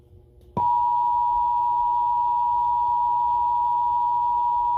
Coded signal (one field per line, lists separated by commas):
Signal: Emergency Alert System (SAME) tones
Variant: 853 and 960 Hz attention tone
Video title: Emergency Alert System (11/09/2020) National Periodic Test